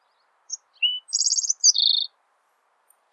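Green-tailed towhee song: a few short thin whistles, then a high buzzy trill and a lower buzzy trill, lasting under two seconds in otherwise quiet surroundings.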